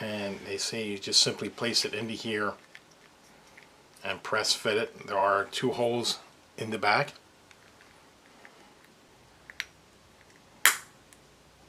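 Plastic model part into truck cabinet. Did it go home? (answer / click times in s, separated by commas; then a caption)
yes / 10.6 s. A small plastic part for a scale FDNY Ladder 9 fire-truck model is press-fitted into a cabinet that has two holes in the back. Someone talks, then after a few faint ticks a sharp snap is heard at 10.7 s as the part seats in place.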